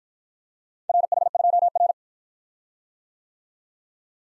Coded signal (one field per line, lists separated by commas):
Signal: Morse code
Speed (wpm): 54 wpm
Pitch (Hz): 700 Hz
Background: none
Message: RH2R